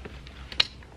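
A plastic tent-body clip is pushed onto an assembled tent pole, with a few faint ticks and rustles before a single sharp snap at 0.6 s. The clip pops into place and is seated on the pole.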